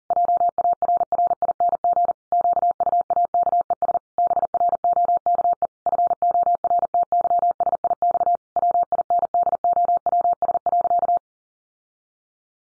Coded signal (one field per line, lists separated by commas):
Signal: Morse code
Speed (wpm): 40 wpm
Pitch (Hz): 700 Hz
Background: none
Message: JARRING QUAKES BROKE FORTYSIX WINDOWS.